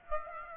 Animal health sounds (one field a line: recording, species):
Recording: mosquito wingbeat signal from an infrared sensor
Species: Aedes aegypti